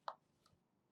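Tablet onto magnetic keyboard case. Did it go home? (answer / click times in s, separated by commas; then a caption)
yes / 0.1 s. An iPad Pro, lifted off its magnetic keyboard case, is put back and snaps onto the magnetic mount with a single short, bright click at 0.08 s. A couple of much fainter ticks follow before quiet, and the tablet is seated in place.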